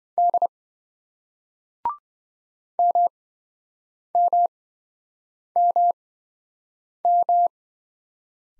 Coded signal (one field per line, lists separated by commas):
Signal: Morse code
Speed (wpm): 27 wpm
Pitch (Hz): 700 Hz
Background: none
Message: D MMMM